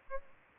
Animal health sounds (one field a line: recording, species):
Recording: mosquito wingbeat signal from an infrared sensor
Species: Aedes albopictus